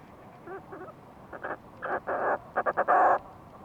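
Fulmar prion calls: a few soft notes, then harsh, throaty pulsed bursts growing louder, ending in a longer rasping croak.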